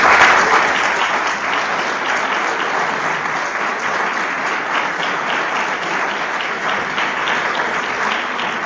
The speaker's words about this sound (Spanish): Lo recibimos con un fuerte aplauso.